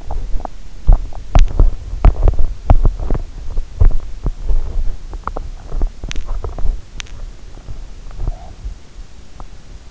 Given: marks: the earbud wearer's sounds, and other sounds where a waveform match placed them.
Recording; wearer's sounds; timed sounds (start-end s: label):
sounds in sleep by an in-ear microphone; teeth grinding
0.00-8.80 s: teeth grinding